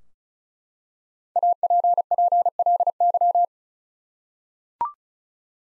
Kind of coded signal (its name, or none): Morse code